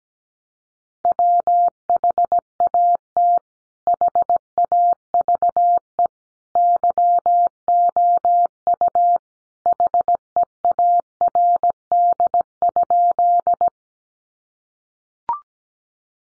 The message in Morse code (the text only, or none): WHAT HAVE YOU HEARD?